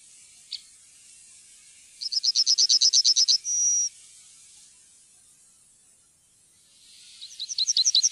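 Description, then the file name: Yellowhammer singing a rapid rattle of high repeated notes closed by a long sustained note, then starting the next phrase of quick notes. "gulspurv"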